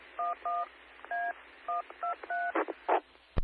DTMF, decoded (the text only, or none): 11A123